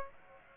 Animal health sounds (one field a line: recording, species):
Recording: mosquito wingbeat signal from an infrared sensor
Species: Aedes aegypti